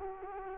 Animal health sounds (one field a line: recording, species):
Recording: mosquito wingbeat signal from an infrared sensor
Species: Culex quinquefasciatus